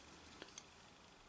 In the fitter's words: parts there and the brushes have two parts that dynamo click click on click